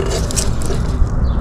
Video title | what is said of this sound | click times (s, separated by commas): BIG GAS LEAK!!!! 😮🔥Kia Optima FUEL PUMP REPLACEMENT | Ya vimos el click también. | 0.3 s